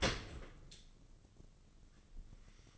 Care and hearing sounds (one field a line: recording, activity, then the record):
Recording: daily activity, microphone in the room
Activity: open dishwasher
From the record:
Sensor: 4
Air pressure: 1013.2 hPa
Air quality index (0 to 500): 177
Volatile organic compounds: 2 ppm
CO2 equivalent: 1113 ppm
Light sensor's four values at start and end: 72/179/74/76 and 66/165/68/71